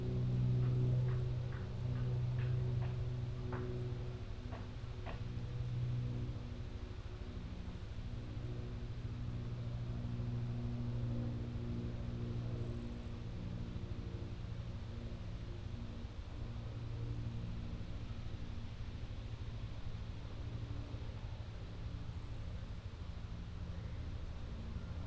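Country sounds carried by a steady, low engine-like rumble with a droning hum that runs the whole way through. Several sharp clicks and taps come in the first five seconds. Faint, high hissy bursts recur about every five seconds.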